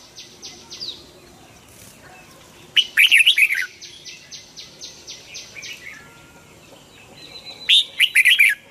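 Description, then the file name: Red-whiskered bulbul song: loud bubbly phrases with runs of rapid, evenly repeated high notes between them, and a final phrase near the end. Huế strain bulbul singing in the giọng kép (double-voice) song style. "Tieng chao mao hue hot giong kep"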